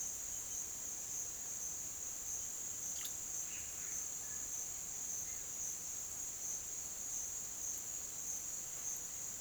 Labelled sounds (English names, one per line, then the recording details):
none
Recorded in dense forest near Puerto Asís, Putumayo, Colombia, on 24 June 2025 at 08:00
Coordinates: 0.484, -76.325
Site H65